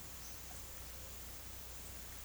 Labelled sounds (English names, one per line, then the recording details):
none
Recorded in secondary vegetation near Puerto Asís, Putumayo, Colombia, on 22 June 2025
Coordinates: 0.488, -76.319
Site G094